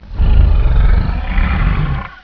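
Lion giving a deep, rumbling roar that swells quickly and holds for about two seconds before fading.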